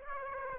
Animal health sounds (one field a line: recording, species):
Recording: mosquito wingbeat signal from an infrared sensor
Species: Aedes aegypti